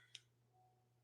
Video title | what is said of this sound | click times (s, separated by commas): LIVE SALE RE-CONNECT PART 2 - PLEASE RE-JOIN THE SALE | Wait, I didn't get it in all the way. | 0.1 s